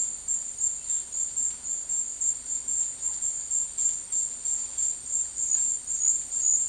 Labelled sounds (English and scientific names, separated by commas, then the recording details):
none
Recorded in secondary vegetation near Puerto Asís, Putumayo, Colombia, on 19 March 2025 at 13:00
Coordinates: 0.499, -76.323
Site G094